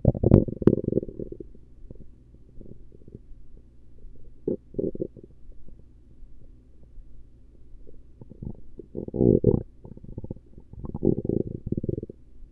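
Irregular bursts of low, bubbling gurgles and rumbles come in clusters, with quieter stretches in between and a faint steady hum behind. These are audible bowel sounds from an adult abdomen: ordinary stomach rumbling and gurgling from gas and fluid moving through the gut.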